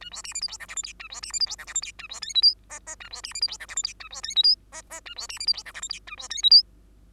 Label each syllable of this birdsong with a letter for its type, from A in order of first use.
A B C D E F G H I J A B C D E F G H I J A B K L M N N A B C D E F G H I J A B K L M N N A B C D E F G H I J A B K L M